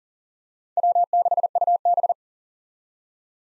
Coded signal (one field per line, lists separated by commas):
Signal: Morse code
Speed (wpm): 40 wpm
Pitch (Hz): 700 Hz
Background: none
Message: W6UB